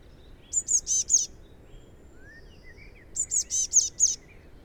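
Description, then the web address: Eurasian blue tit producing two quick series of four to five high notes, with a faint lower whistle in the gap. "SETE data Cyanistes caeruleus"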